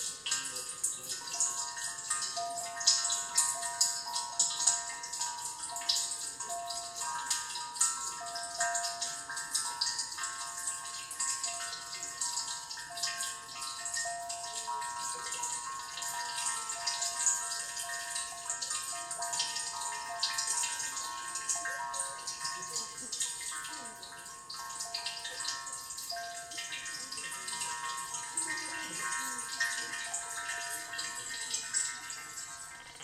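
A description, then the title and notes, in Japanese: A water koto cave rings with sustained, bell-like tones that hang and overlap while water trickles and drips steadily underneath. The sound stays even and dense for the whole stretch, with a bright, hissing splash on top and little low end. 水琴窟の音色。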